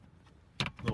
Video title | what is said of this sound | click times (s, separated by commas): GM Wireless Charger Mod For Large Phones | So open the lid, slip a pry tool in behind this plastic cover and pop it outward. You'll have to pop it loose. | 0.6 s